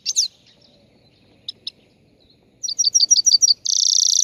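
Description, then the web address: Chegolín singing: a few isolated high notes, then a quick run of repeated chirps ending in a sustained harsh, crackling buzz. Morning song, recorded on the roof of a house. "el canto matutino del chegolin en el tejado de casa"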